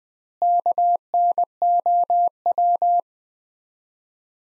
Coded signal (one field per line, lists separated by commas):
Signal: Morse code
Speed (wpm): 20 wpm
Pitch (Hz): 700 Hz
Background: none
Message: KNOW